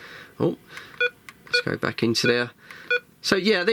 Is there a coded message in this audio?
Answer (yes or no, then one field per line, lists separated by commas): no